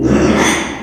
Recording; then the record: squeal of a Yucatan mini pig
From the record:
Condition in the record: after surgery on the right vocal fold (resection and tissue-engineered implant); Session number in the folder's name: 3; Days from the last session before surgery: 33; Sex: male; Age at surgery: 12 weeks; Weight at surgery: 13 kg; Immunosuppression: cyclosporine, prednisolone